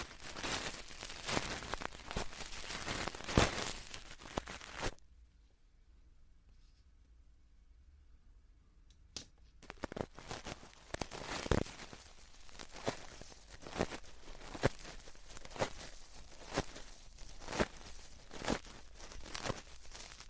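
Ear cleaning and touching with a brush: soft, dense rustling and scratching strokes, with bright crackly bursts recurring every second or so. From about five to nine and a half seconds it drops to near silence, then the brushing resumes, steady and textured.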